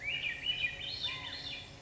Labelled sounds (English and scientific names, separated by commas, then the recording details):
Swainson's Thrush (Catharus ustulatus)
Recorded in Sonoma County, California